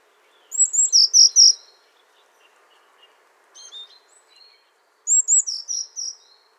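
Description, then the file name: Eurasian blue tit calling in high, thin phrases: two bursts of four or five sharp descending notes, with a softer fainter call in between. "Cyanistes caeruleus"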